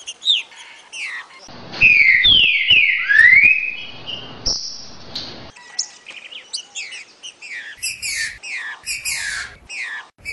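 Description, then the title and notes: Green-winged saltator song: a loud phrase of slurred whistles falling, then rising, set among many high, quick chirps from other birds. Part of a collection of Brazilian birds. "trinca ferro. kumpulan burung brazil"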